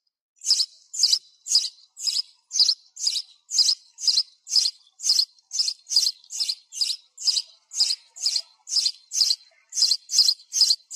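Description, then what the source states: Sparrow chirping call, high clipped notes evenly repeated just under twice per second throughout. Sparrow calling to its flock.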